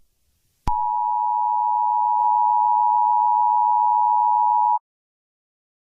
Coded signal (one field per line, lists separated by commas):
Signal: Emergency Alert System (SAME) tones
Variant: 853 and 960 Hz attention tone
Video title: Today look eas broadcast me making a analog horror